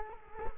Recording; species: mosquito wingbeat signal from an infrared sensor; Culex quinquefasciatus